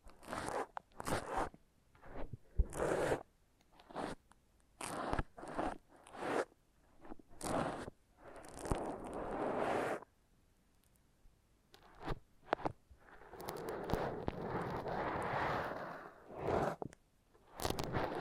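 Foam massage sounds come as repeated rough, scraping rubs with a crunchy, zipper-like texture, each lasting about a second, clustered through the first ten seconds. After a brief quiet gap, a longer continuous rubbing stretch runs from about 12 to 17 seconds, with sharp clicks between strokes.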